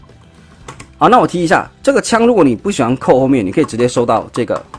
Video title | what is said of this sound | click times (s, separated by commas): 變形金剛分享時間1202集 Transformers Earthrise Leader Class Optimus Prime 地球崛起 地出 柯博文 擎天柱 | 那卡扣的地方是比较偏上面，在这个地方扣上去。好， | 0.7 s, 0.8 s